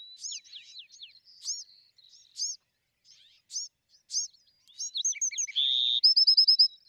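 Bewick's wren giving thin arched chips and short slurred notes, leading into a full song of quick notes, a steady buzz and a fast high trill near the end.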